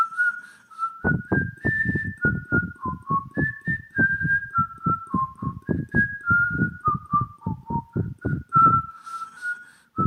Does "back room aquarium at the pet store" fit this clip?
no